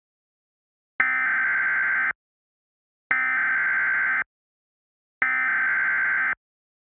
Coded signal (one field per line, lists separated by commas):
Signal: Emergency Alert System (SAME) tones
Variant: header bursts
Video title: [EAS SCENARIO / ANALOG HORROR] - Dark Autumn 2